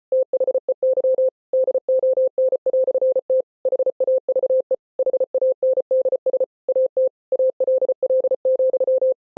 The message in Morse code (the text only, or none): THEY DON"T HAVE HANDS AT ALL,